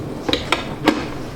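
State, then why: Not seated. The assembled bowl (chamber) of an AAOBOSI cold press juicer is handled over the juicer base before being twisted on. Short, sharp knocks are heard at about 0.3, 0.5 and 0.9 seconds. The part has not yet clicked or locked into place.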